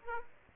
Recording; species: mosquito wingbeat signal from an infrared sensor; Aedes aegypti